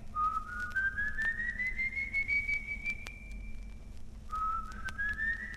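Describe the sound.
An eerie, high-pitched whistle glides slowly upward in one long sustained tone, breaks off, then starts rising again, ringing clearly over a low rumbling background.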